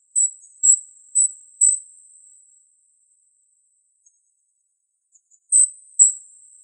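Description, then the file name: Golden-crowned kinglet calls: a run of four high, thin, hissing notes, then a pause of nearly four seconds and two more similar notes. Calls, recorded 17 June 2004. "GCKI CALLS 061704. deviche"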